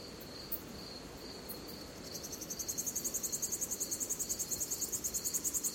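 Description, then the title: Cicada call: a steady faint high hum at first, then a fast pulsing high-pitched trill that builds from about two seconds to the end. Recorded at night in a forest. "Звуки ночного леса. Звук цикад ночью в лесу"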